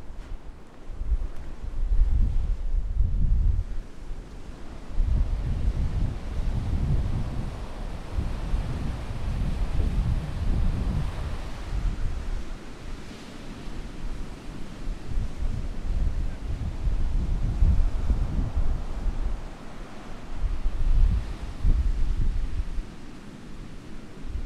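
Wind gusts across a beach, buffeting the microphone with a heavy low rumble that swells and fades every few seconds. Surf hisses steadily underneath, with the loudest gusts around the second, seventh, eleventh and twenty-first seconds.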